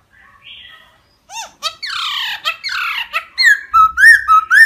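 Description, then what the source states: Laughingthrush song: faint whistles, then harsh rasping notes leading into loud, repeated rising-and-falling whistles. Wild-voice song style ('giọng rừng').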